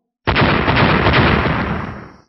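sound effect, thunderous explosion sound effect

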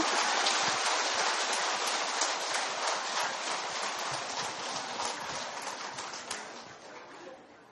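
crowd, audience applause

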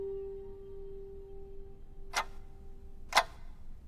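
sound effect, clock ticking

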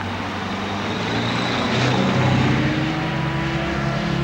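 vehicle, car driving away

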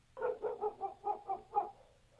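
animal, dog barking

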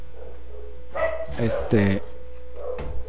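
animal, dogs barking

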